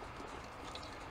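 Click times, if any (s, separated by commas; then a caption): none. A plastic wiring harness connector is handled at the MS43 engine control unit of a 2003 Land Rover Freelander, with only a steady, even rustle of low-level noise and no distinct impacts. Nothing has seated or clicked yet; the connector is not yet pushed home into the ECU.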